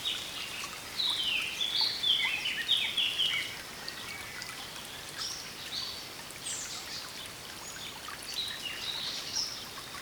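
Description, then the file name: Eurasian blackcap song: a fast, tumbling warble of varied scratchy and fluty notes, followed by softer scattered notes against a constant hiss like running water. "Sylvia atricapilla"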